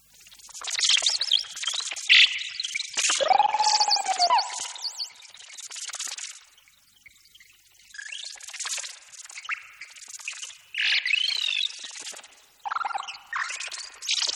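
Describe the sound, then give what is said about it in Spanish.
A nature-themed music piece titled En el jardín, full of chirping, whistling birdsong: rapid high trills and sweeping tones come in bursts with brief lulls, over soft watery trickling textures. No one speaks. “Mira, lo que está sonando de fondo es la pieza musical de la cual hablábamos en el jardín.”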